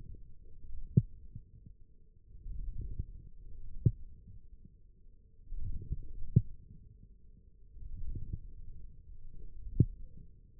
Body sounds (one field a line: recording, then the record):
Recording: forearm muscle sounds (acoustic myography)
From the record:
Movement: forearm pronation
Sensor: system 1, eight BSWA MPA416 microphones around the upper forearm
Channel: 4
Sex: male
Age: 20 years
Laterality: left